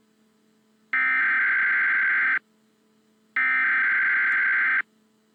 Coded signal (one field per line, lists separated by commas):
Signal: Emergency Alert System (SAME) tones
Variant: header bursts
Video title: EAS Emergency action notification #1